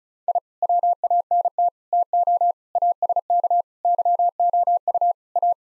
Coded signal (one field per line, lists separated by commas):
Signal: Morse code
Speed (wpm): 34 wpm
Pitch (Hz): 700 Hz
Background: none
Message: I WANT TO ASK YOU A